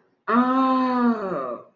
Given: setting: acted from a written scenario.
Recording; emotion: vocal sound without words; pain